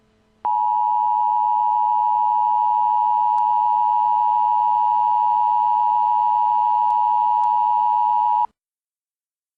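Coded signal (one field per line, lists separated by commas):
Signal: Emergency Alert System (SAME) tones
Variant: 853 and 960 Hz attention tone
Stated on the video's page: Fictional EAS scenario of a blizzard civil emergency message for Wisconsin.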